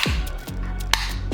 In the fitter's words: snaps in place.